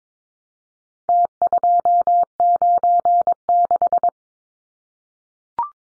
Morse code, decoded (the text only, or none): T296